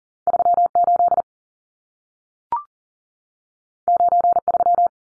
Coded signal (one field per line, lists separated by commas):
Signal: Morse code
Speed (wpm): 40 wpm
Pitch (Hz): 700 Hz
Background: none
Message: 38 93